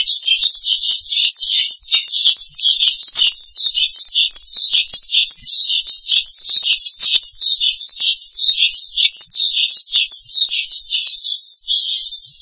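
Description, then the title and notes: Starling song: a long run of buzzy, undulating high-pitched phrases delivered back to back with no pauses. "suara burung jalak"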